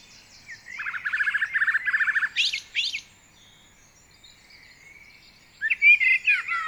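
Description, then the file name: Common blackbird song: a run of rapid fluty notes followed by high squeaky twitters, then a pause and another short whistled, warbling phrase. "Turdus merula"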